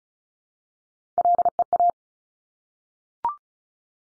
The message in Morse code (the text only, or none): LEA